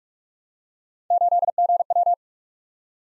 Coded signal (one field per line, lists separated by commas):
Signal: Morse code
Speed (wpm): 44 wpm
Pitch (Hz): 700 Hz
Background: none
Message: 8GW